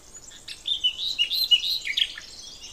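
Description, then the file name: Common nightingale singing one continuous, varied phrase of high chirps and whistled notes that rise and fall quickly, with no other clear sounds. "Luscinia megarhynchos"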